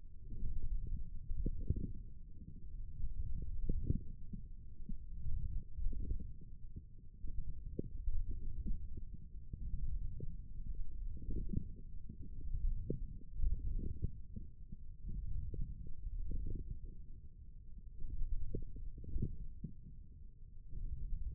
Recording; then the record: forearm muscle sounds (acoustic myography)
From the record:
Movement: forearm pronation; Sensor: system 1, eight BSWA MPA416 microphones around the upper forearm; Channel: 1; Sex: male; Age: 28 years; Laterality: right